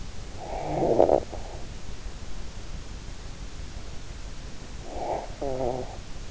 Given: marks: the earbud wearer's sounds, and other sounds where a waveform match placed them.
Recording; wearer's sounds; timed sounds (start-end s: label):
sounds in sleep by an in-ear microphone; snoring breath
0.28-1.65 s: snoring breath
4.70-6.16 s: snoring breath